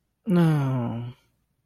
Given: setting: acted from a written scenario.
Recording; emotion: vocal sound without words; disappointment